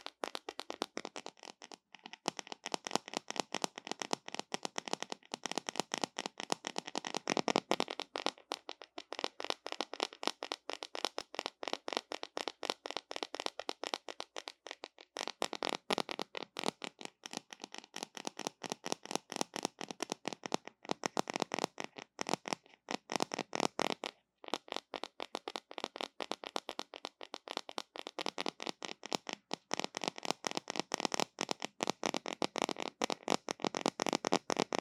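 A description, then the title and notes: Fingers tap and scratch close against a tiny microphone, producing rapid, dense bursts of dry, bright clicks and scraping that run almost without pause. The pace stays fast throughout, with brief gaps near two, fifteen and twenty-four seconds, and a low rumble comes and goes underneath. 刺痛觸發迷你麥克風. Tingles With Mini Mic Tapping & Scratching. NO Talking.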